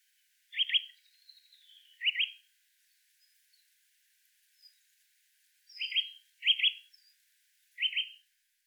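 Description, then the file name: Eurasian nuthatch calling with loud, clipped notes in pairs and singles, separated by a pause of a few seconds, with faint thin bird notes in the background. "Sitta europaea"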